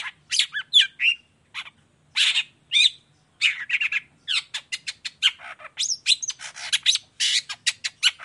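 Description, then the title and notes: Long-tailed shrike song, a fast jumble of harsh chatters, squeaks and short rising whistles, nearly continuous with a few brief gaps. Cendet in the morning, lively 'gacor' singing with 'toet toet' and full variation, clear voice, said to be very easy for any kind of cendet to imitate. "Cendet Gacor Dor Di Kala Pagi Toet Toet Variasi Suara J. Efektif Cendet Gacor Suara Jernih Full Variasi Sangat Mudah Di Tiru Cendet Jenis Apapun. Burung cendet"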